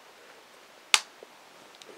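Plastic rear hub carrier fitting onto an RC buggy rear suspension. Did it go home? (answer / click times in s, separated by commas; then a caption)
yes / 0.9 s. A plastic rear hub carrier on an Associated B4 1/10 RC buggy's rear suspension is pressed until it snaps into place after long effort. A single sharp, bright snap sounds at 0.9 s against a quiet background, followed by a faint tick near 1.8 s. The hub carrier is seated.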